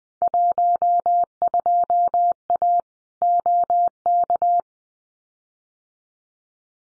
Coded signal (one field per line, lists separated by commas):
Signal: Morse code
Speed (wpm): 20 wpm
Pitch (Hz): 700 Hz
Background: none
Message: 12A OK